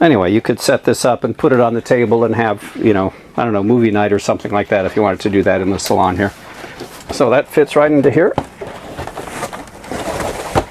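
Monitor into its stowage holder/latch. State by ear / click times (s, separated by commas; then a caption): not seated / none. A flat-screen monitor is being handled toward its stowage holder with a retaining latch in a boat's salon, where it locks in place so it won't move around underway. Someone talks for most of the clip, followed by soft rustling handling noise in the last couple of seconds. Nothing has seated or clicked yet.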